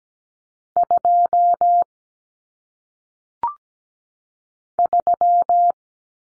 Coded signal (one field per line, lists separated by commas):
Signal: Morse code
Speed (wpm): 17 wpm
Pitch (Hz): 700 Hz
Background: none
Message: 2 3